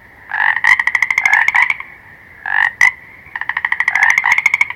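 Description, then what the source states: Frog croaking in rapid pulsed bursts, several rattling trains with short pauses between, the last run long and steady. Calling continuously.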